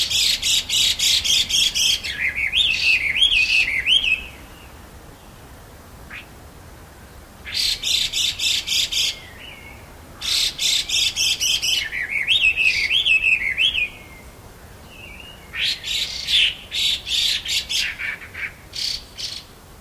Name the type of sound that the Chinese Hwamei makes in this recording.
call